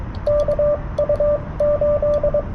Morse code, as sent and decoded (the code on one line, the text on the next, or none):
-.- ..- ---..
KU8